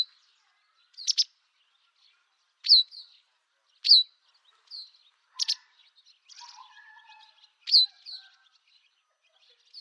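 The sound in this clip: White wagtail calls: sharp, high two-part chirps given singly at uneven intervals, with a brief fainter twittering spell midway.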